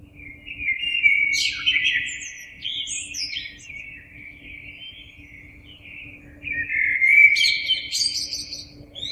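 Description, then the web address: Common blackbird singing two phrases about six seconds apart, each a rich whistled warble mixed with high, scratchy notes; a faint steady hum runs underneath. Recorded 26 April 2022. "oiseaux Merle 2022 04 26"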